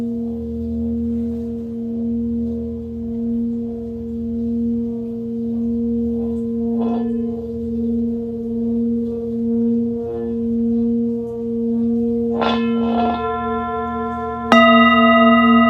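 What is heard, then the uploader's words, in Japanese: A singing bowl drones steadily with a low hum and a pure ringing tone that lingers throughout. A few light taps sound near 7 and 12 seconds, and at about 14.5 seconds a sharp strike brings a louder, brighter ring that sustains to the end. メキシコから シンギングボウルのサウンドヒーリング。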